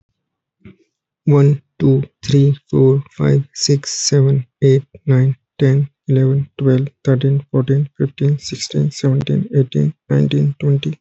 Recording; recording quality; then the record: counting at a normal pace; excellent, no background noise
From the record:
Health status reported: healthy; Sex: male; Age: 31 years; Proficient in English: yes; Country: India